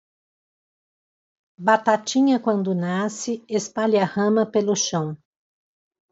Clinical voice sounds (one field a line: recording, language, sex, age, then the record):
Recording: short text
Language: Brazilian Portuguese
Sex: female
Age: 60 to 69 years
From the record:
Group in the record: control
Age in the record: 62 years